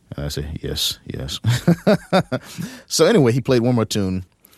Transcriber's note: laughter